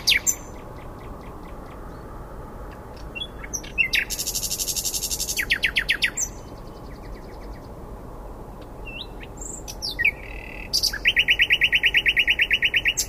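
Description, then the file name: Common nightingale song: varied phrases of sharp high notes, a loud buzzy trill around four seconds, then a fast, evenly repeated metallic series near the end. "Luscinia megarhynchos"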